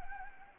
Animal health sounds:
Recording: mosquito wingbeat signal from an infrared sensor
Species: Anopheles gambiae

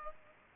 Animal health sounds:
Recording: mosquito wingbeat signal from an infrared sensor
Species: Aedes aegypti

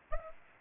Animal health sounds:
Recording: mosquito wingbeat signal from an infrared sensor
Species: Aedes aegypti

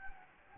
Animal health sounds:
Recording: mosquito wingbeat signal from an infrared sensor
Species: Anopheles gambiae

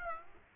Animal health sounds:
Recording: mosquito wingbeat signal from an infrared sensor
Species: Aedes aegypti

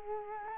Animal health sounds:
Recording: mosquito wingbeat signal from an infrared sensor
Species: Culex quinquefasciatus

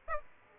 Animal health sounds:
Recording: mosquito wingbeat signal from an infrared sensor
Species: Aedes aegypti

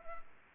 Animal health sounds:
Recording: mosquito wingbeat signal from an infrared sensor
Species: Anopheles arabiensis

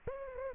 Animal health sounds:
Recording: mosquito wingbeat signal from an infrared sensor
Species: Aedes aegypti

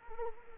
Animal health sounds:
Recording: mosquito wingbeat signal from an infrared sensor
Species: Anopheles arabiensis

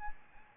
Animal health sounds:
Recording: mosquito wingbeat signal from an infrared sensor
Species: Aedes albopictus

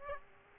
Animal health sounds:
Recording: mosquito wingbeat signal from an infrared sensor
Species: Aedes aegypti

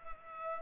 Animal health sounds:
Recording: mosquito wingbeat signal from an infrared sensor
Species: Culex pipiens

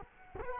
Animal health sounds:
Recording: mosquito wingbeat signal from an infrared sensor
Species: Culex quinquefasciatus

